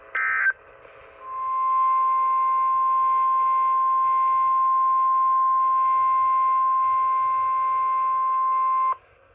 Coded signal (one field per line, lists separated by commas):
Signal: Emergency Alert System (SAME) tones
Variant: 1050 Hz attention tone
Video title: Mid-Summer Marathon Pt. 1 - EAS Alerts from 7/9/25 || EAS 1,933-1,970